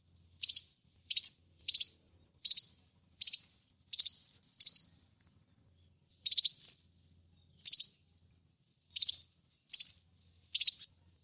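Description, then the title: Sunbird calling with crisp, very high chips, quick and evenly spaced at first, then slower with longer gaps. "kicau kolibri"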